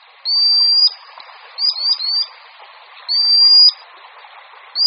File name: Pisík-obecný